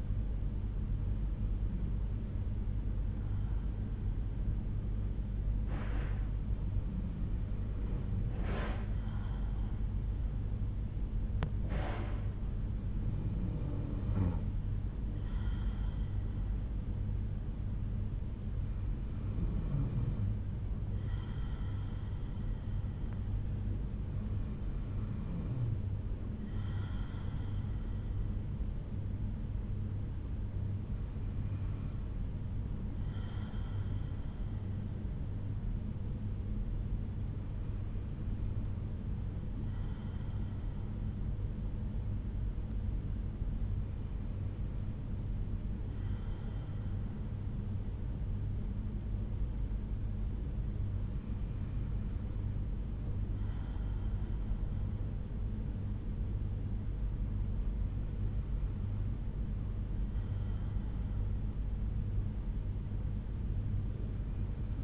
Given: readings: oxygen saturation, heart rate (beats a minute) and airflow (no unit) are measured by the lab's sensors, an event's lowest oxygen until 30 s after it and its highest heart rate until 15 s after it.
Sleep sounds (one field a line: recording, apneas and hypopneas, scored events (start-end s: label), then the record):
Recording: breathing in sleep by a smartphone at the bedside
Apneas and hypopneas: none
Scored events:
none scored
From the record:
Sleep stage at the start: N2 (light sleep)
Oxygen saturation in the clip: 93 to 94%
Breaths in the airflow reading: 10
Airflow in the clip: -5.6 to 4.3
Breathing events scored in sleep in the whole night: 368 in 8.0 hours asleep